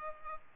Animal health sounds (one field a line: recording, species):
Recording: mosquito wingbeat signal from an infrared sensor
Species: Culex pipiens